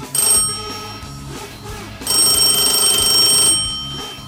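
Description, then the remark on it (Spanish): A mobile phone rings twice in loud, bright bursts of high-pitched electronic tone, with a short gap between them and the second ring trailing off. No voices are heard. “Si le está como aquí 5 minutos sonando, pues 5 minutos que estás con el rin-rin, ¿sabes?”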